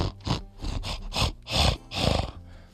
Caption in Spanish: La persona está roncando, tiene una parada respiratoria, no se oye nada, y de repente. Como si fuera un ronquido muy fuerte, ronquido porque está obstruyéndose la entrada, pero es una respiración muy, muy fuerte porque el cerebro necesita oxígeno. Bueno, eso es un síntoma característico de una persona que padece apnea del sueño.